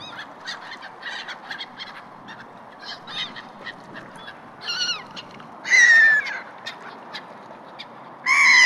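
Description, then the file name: Gulls giving short squawks at first, then two loud, drawn-out, slightly descending wailing cries near the end, over steady background noise. Gulls in a harbour. "Harbor seagulls"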